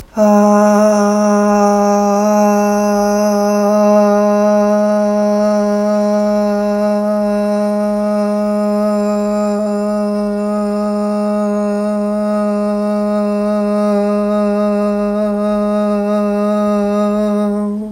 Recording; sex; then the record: sustained vowel /a/; female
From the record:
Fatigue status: no fatigue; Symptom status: asymptomatic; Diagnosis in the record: COVID-19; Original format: m4a